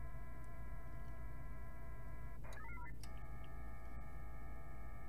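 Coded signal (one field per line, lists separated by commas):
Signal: HF data modem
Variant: VARA HF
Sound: chord of steady tones, a short hissy burst and stepping warble, then tones resume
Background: radio static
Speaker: over 700 bits per second almost uh probably about 800 that time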